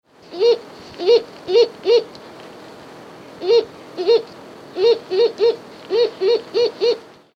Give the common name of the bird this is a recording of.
Ferruginous Pygmy-Owl